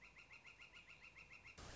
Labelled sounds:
Northern Flicker
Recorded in Sonoma County, California

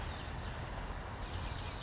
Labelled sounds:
Western Flycatcher
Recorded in Sonoma County, California

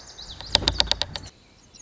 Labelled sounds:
Lazuli Bunting
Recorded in Sonoma County, California

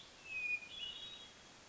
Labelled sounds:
Hermit Thrush
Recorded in Sonoma County, California

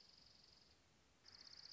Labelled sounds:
Dark-eyed Junco
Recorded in Sonoma County, California

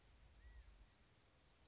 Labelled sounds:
California Quail
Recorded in Sonoma County, California

